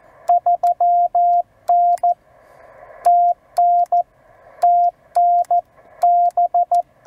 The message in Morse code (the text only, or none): 3N TN TN B